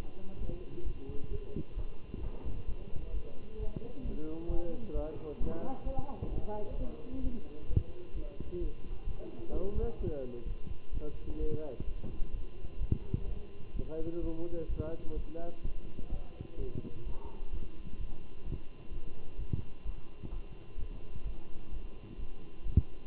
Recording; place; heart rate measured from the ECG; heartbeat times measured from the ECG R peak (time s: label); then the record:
heart sounds by stethoscope; between the tricuspid and mitral areas; 129 bpm
0.40 s: heartbeat
0.85 s: heartbeat
1.30 s: heartbeat
1.76 s: heartbeat
2.22 s: heartbeat
2.67 s: heartbeat
3.13 s: heartbeat
3.58 s: heartbeat
4.04 s: heartbeat
4.49 s: heartbeat
4.94 s: heartbeat
5.40 s: heartbeat
5.85 s: heartbeat
6.31 s: heartbeat
6.77 s: heartbeat
7.23 s: heartbeat
7.68 s: heartbeat
8.14 s: heartbeat
8.60 s: heartbeat
9.06 s: heartbeat
9.52 s: heartbeat
9.99 s: heartbeat
10.46 s: heartbeat
10.92 s: heartbeat
11.39 s: heartbeat
11.86 s: heartbeat
12.33 s: heartbeat
12.80 s: heartbeat
13.27 s: heartbeat
13.74 s: heartbeat
14.21 s: heartbeat
14.68 s: heartbeat
15.16 s: heartbeat
15.63 s: heartbeat
16.11 s: heartbeat
16.58 s: heartbeat
17.05 s: heartbeat
17.52 s: heartbeat
17.98 s: heartbeat
18.45 s: heartbeat
18.91 s: heartbeat
19.38 s: heartbeat
19.84 s: heartbeat
20.31 s: heartbeat
20.78 s: heartbeat
21.24 s: heartbeat
21.71 s: heartbeat
22.18 s: heartbeat
22.65 s: heartbeat
From the record:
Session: Bruce protocol treadmill stress test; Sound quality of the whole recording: good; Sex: male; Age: 23 years